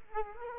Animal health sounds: mosquito wingbeat signal from an infrared sensor; Culex quinquefasciatus

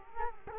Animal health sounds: mosquito wingbeat signal from an infrared sensor; Culex quinquefasciatus

